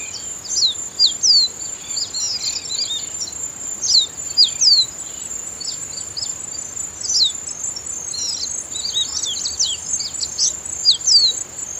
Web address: Copper seedeater. صدای-پرنده-دانه-خوار-مسی